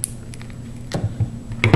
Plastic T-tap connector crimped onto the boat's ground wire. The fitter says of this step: till you hear the snap